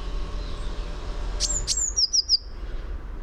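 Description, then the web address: Eurasian blue tit song: one phrase of two high, thin, falling notes followed by three quick, slightly lower ringing notes, with low background rumble. "fugl b-mejse"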